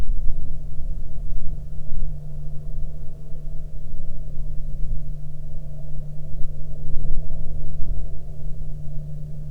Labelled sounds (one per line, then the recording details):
wind
aircraft
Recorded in the Prudhoe Bay oil fields, Alaska, on 23 July 2019 at 01:46
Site 13